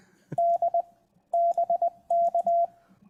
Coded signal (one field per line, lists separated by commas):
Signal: Morse code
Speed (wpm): 20 wpm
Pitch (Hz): 680 Hz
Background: none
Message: D BK